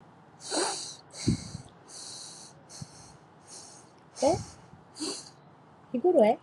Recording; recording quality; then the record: deep breathing; excellent, no background noise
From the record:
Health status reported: healthy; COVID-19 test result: negative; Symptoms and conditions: none ticked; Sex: male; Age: 30 years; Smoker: not ticked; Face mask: not worn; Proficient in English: yes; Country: India